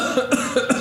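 Four short, sharp cough bursts in quick succession, in two pairs, with no rattling or wet sound. An acted dry, unproductive cough from an adult man.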